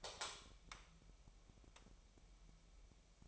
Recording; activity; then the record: daily activity, microphone in the room; light on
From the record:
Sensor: 1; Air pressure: 1001.9 hPa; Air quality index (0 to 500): 247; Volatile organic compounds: 51 ppm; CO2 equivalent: 3314 ppm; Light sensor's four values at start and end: 5/11/4/5 and 9/27/10/12